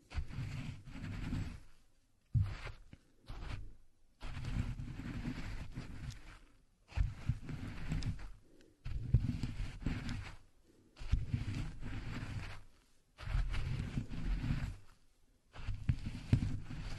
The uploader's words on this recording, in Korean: 호두를 직접 갈아보겠습니다. 손으로 직접 갈아먹는 호두.